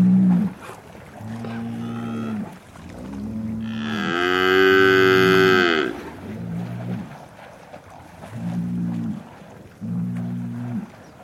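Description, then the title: Cow mooing: a series of short, low, flat moos, then one louder, longer bellow that rises and falls in the middle, followed by more short low moos. Cow communication through mooing. "Eco-Moo-tion: The Ecological Soundscape of Cow Conversations"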